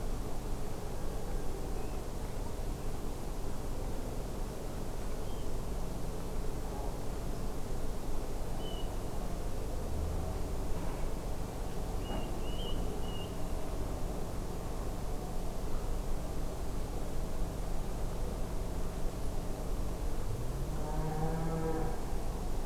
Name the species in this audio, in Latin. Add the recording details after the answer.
Pluvialis apricaria. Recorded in France